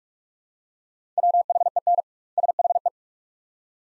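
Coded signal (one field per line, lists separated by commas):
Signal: Morse code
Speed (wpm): 41 wpm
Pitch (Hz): 700 Hz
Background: none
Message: WHEN SHE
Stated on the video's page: Morse practice of two-word sets at 45 wpm with 2x word spacing, a Farnsworth-like method; sent, spoken, then resent.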